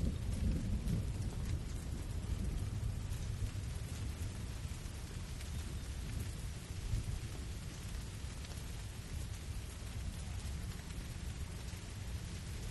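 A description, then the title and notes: Steady, dense rain hisses throughout, with a deep continuous rumble of thunder rolling underneath, unchanging for the whole stretch. Listen to the calming sounds of gentle rain and a thunderstorm. The sound of thunder and rain.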